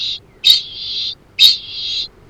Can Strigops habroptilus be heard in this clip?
yes